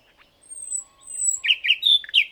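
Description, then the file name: Common nightingale song phrase: thin, drawn-out high whistles followed by a run of rich, buzzy, rolling notes. "Luscinia megarhynchos"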